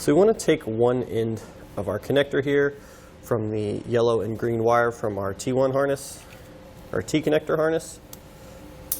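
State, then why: Seated. A man talks while one end of a plastic Curt T-connector trailer wiring harness plug, the yellow and green wire end, is pushed into the mating vehicle wiring connector behind the bumper of a 2018 Kia Sportage to tee into the passenger-side signals. A sharp click at 8.9 s marks the plug seating.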